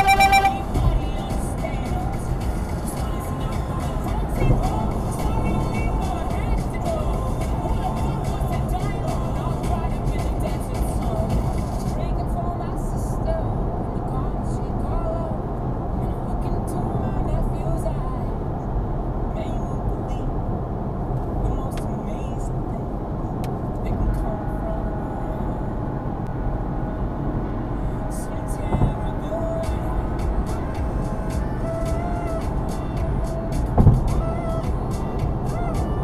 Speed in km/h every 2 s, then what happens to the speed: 106, 109, 111, 114, 114, 114, 114, 114, 113, 111, 111, 109, 111, 113, 113, 114, 114, 116.
0-6 speeds up to 114. 6-36 steady at about 114.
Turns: none.